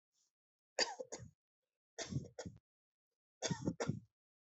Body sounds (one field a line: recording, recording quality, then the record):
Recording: shallow voluntary cough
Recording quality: excellent, no background noise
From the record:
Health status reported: healthy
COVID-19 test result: negative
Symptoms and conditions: none ticked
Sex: male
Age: 28 years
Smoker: not ticked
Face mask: not worn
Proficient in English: yes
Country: India